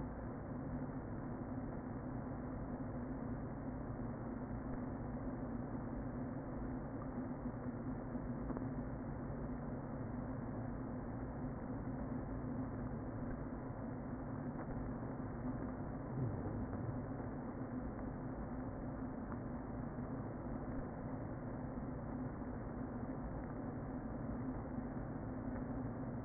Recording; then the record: honeybee colony, microphone inside the hive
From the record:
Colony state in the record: queen present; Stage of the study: before two queens were removed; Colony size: about 60,000 bees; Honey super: yes